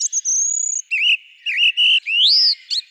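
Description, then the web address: Song thrush song: a short run of clear, high whistled notes, some sliding and looping, with a rising upswept whistle near the end, and brief pauses between phrases. "Turdus philomelos"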